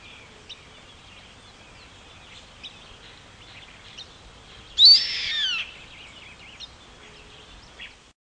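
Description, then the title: Yellow-headed caracara giving a single harsh, raspy scream that slides downward, lasting under a second, with faint scattered chirps before and after. "LuckyPassaro Completos2Sama. Yellow-headed Caracara (Milvago chimachima)"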